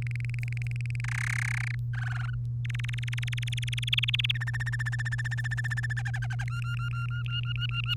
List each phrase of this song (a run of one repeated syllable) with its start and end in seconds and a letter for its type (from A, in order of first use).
0.02-1.00 A, 1.04-1.75 B, 1.93-2.34 C, 2.65-4.32 D, 4.34-5.93 E, 5.97-6.44 F, 6.48-7.94 G